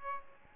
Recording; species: mosquito wingbeat signal from an infrared sensor; Aedes albopictus